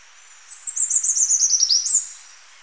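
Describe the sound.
Choco Vireo song, a quick chattering string of very high, thin notes that drop slightly in pitch, finishing with one rising upslur.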